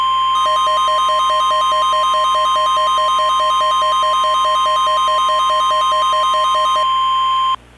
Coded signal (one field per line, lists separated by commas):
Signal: Emergency Alert System (SAME) tones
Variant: 1050 Hz attention tone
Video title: EAS mock: Stormyland: Contaminated Rotini & Contaminated Water Warning